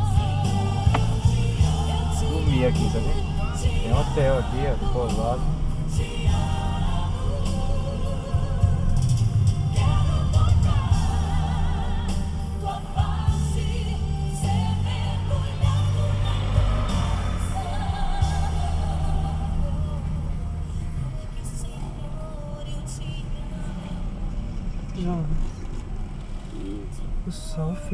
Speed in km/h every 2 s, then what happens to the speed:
24, 23, 25, 24, 21, 14, 12, 10, 13, 11, 12, 11, 10, 12.
0-7 steady at about 24. 7-13 slows to 10. 13-28 steady at about 11.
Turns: none.